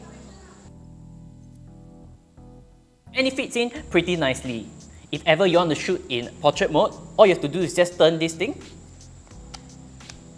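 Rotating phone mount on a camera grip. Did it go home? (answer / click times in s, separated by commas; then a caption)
yes / 9.5 s, 10.1 s. A rotating phone clamp on a camera grip is turned from landscape to portrait and clicks into its detent at 9.6 s and 10.1 s, seating the phone mount in portrait position. Someone talks over background music before the clicks.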